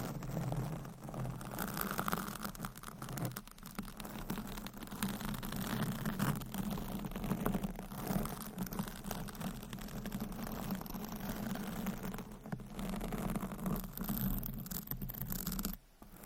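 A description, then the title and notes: Microphone scratching and rubbing fill the whole stretch, a dense, restless rustle with brief dropouts near 3.5, 12.5 and 16 seconds. A steady low hum sits underneath throughout, and the level stays fairly even until a sudden cut at the end. ASMR Mic Scratching - Brain Scratching 40 Different Mic Setups - Asmr No Talking.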